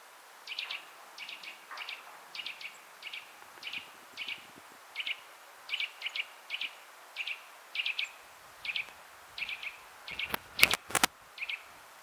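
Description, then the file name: Eurasian nuthatch calls, a long steady series of short sharp notes, with a few louder clicks near the end over soft background noise. "Sitta europaea"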